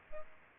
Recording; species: mosquito wingbeat signal from an infrared sensor; Anopheles arabiensis